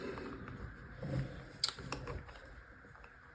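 A plastic HONSVR prescription-lens adapter ring is pressed into the lens opening of a Meta Quest 3 VR headset. Soft handling rustles lead up to a sharp click at 1.6 s as the ring snaps in, followed by a quieter tick at about 1.9 s. The ring is seated.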